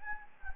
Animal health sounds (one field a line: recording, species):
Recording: mosquito wingbeat signal from an infrared sensor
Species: Anopheles gambiae